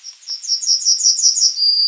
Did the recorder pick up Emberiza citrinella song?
yes